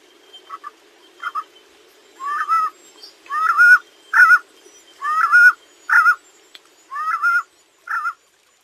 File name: Canto do rapazinho de colar